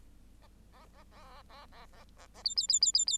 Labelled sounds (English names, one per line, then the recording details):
Bengalese Finch song
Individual Bird8